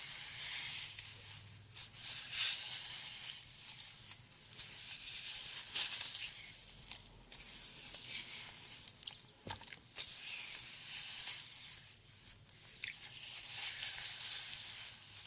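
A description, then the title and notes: A first-person head spa sequence of hair washing and brushing, heard as soft, hissy swishes and wet rustles concentrated in the upper range. The strokes come in irregular waves every second or two, with brief sharp taps near 9 and 10 seconds and a low hum underneath. TimASMR-First Person Head Spa Hair Wash, Brushing, Oil Ear Massage, Steam Mask (no talking).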